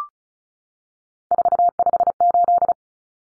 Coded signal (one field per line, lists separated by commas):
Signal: Morse code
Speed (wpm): 34 wpm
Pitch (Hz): 700 Hz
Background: none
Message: 458